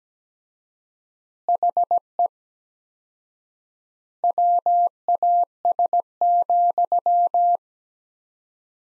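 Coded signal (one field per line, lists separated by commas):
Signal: Morse code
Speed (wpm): 17 wpm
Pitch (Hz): 700 Hz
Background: none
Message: HE WAS,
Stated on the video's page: Morse practice sentences from the top 400 words at 17 wpm with 4x standard word spacing, a Farnsworth-like drill for head-copying.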